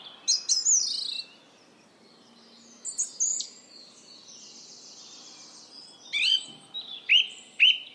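Bird chirps scattered throughout: a few sharp high notes, a soft buzzy trill, then sharp whistled notes near the end.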